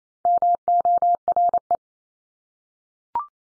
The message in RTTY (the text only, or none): none